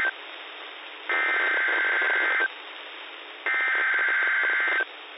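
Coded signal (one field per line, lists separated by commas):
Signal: Emergency Alert System (SAME) tones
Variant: header bursts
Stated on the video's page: Real EAS test for the Great Washington Shakeout heard on NOAA Weather Radio in Seattle.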